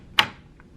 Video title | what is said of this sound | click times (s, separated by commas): How To Embroider A Hat On A 6 Needle! | and it locks in i like to kind of pull it make sure everything looks good | 0.2 s